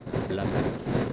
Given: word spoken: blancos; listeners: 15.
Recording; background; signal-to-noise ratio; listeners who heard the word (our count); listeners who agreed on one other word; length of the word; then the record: one Spanish word in noise, from a listening test; noise modulated by three-talker babble; -6.8 dB; 1 of 15; 8 of 15; 0.73 s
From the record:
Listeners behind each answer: 8, 2, 1, 1, 1, 1, 1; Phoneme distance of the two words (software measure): 27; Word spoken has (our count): 2 syllables, 7 phonemes, stress on syllable 1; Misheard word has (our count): 2 syllables, 6 phonemes, stress on syllable 1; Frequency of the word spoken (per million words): 33.55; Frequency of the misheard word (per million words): 24.12